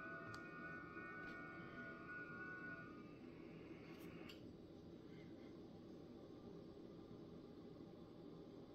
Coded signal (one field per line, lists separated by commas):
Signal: FT8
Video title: HAPPY THANKSGIVING....FT8 TURKEY DAY